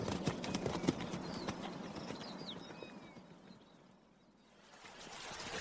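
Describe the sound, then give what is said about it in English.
Rapid, pounding hoofbeats of galloping horses thunder along in a steady rush, easing off briefly before building again, with a few faint high chirps above the drumming. “Ride, brother, ride!”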